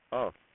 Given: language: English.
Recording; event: throat vibration sensor signal played as sound; speech